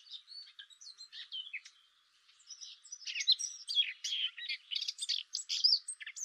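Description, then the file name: Eurasian blackcap song, a rapid scratchy warble of varied high notes, softer and broken for the first three seconds, then louder and denser. "Sylvia atricapilla"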